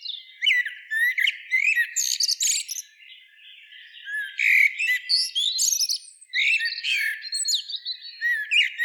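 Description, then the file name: Common blackbird singing, a dense run of sliding whistled notes and high scratchy twitters in bursts, with a quieter, softer passage in the middle. "Turdus merula"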